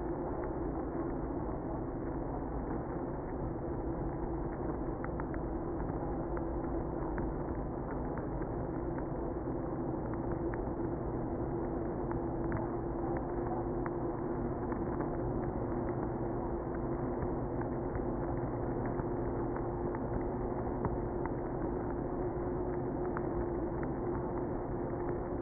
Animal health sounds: honeybee colony, microphone inside the hive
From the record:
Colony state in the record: queenless (queen removed); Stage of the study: after two queens were removed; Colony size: about 60,000 bees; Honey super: yes

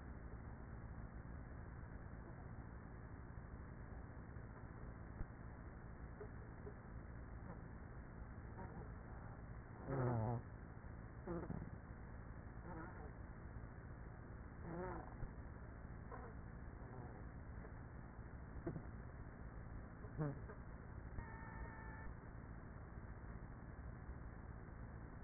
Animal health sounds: honeybee colony, microphone inside the hive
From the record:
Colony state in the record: queenless with a low population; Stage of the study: after two queens were removed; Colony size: about 30,000 bees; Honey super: no

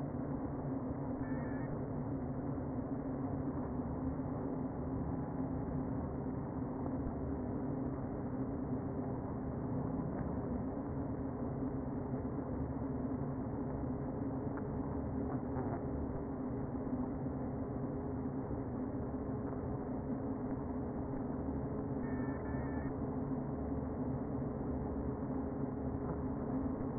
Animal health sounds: honeybee colony, microphone inside the hive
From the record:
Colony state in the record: queen present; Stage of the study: before two queens were removed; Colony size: about 60,000 bees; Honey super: yes

